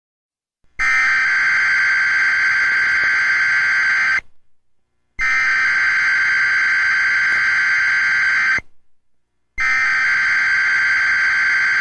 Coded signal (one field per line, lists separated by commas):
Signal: Emergency Alert System (SAME) tones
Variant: header bursts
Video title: EAS Required Weekly Test 4-1-22